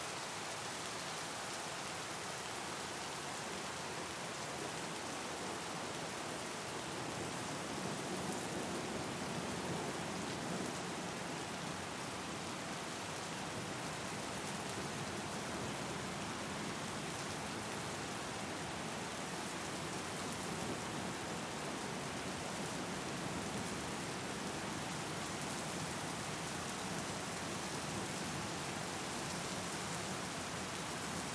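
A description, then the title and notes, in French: A torrential downpour beats down in a dense, unbroken hiss that holds steady for the whole stretch. The rain is full, reaching from a soft low rumble up to bright spattering, with countless drops merging into one continuous roar and no other sounds. Nous plongeons au cœur d'une averse torrentielle, capturant l'essence même de la pluie battante. Le rythme apaisant des gouttes frappant le sol.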